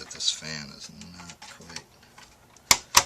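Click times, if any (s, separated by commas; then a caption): 2.7 s, 3.0 s. Someone talks while a plastic cooling fan that is not fully seated in a Toshiba Satellite laptop chassis is pressed down during reassembly. Two sharp, loud snaps follow at 2.7 s and 3.0 s, and the fan is seated.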